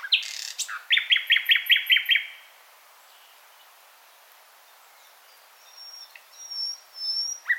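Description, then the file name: Common nightingale song: a rapid series of several loud repeated notes, a pause, then quieter whistled phrases. "Luscinia megarhynchos"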